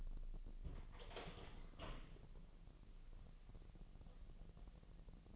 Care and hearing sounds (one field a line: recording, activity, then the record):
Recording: daily activity, microphone in the room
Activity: open door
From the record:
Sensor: 4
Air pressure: 1002.0 hPa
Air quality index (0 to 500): 248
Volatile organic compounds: 41 ppm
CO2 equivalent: 3168 ppm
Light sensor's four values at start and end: 8/18/7/6 and 7/16/6/5